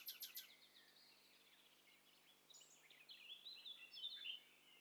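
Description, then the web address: Birds calling softly, a quick series of high ticking notes at the start, then faint overlapping chirps and a brief thin whistle near the end over steady background hiss. Several birds calling at once, in stereo. "Hi Fi STEREO BIRD COCKTAIL PARTY Challenge"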